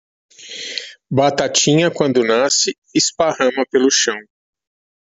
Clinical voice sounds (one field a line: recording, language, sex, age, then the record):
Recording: short text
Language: Brazilian Portuguese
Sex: male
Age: 40 to 49 years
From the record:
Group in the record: control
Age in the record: 49 years